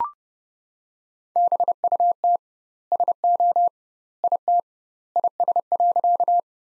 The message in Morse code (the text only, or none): BUT SO IT IS.